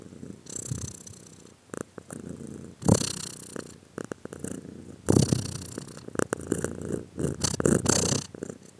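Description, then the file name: Cat purring, a rhythmic rumbling buzz that surges with each breath, with occasional crackles and rustles. "cat again"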